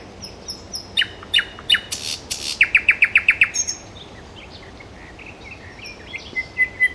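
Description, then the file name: Nightingale song: scattered high notes build into a fast run of sharp repeated pips, then softer varied notes follow. "solovejj"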